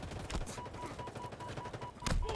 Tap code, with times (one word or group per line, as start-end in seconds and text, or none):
none